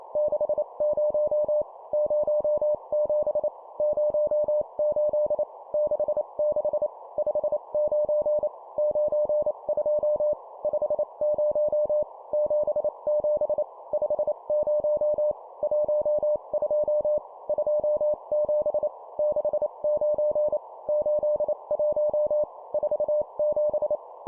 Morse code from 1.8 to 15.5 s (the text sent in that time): 07 08 66 59 92 50 77 50